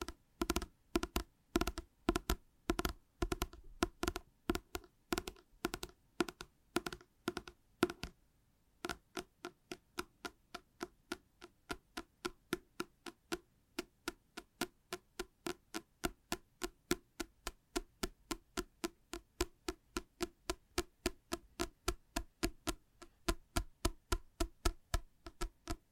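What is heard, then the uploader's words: Tapping repeats in a steady, fast pulse of sharp clicks, roughly three or four per second, crisp. Around eight seconds the taps briefly stop, then resume at a slightly quicker, even pace. A low faint hum sits underneath throughout. Une session ASMR basée sur le Tapping.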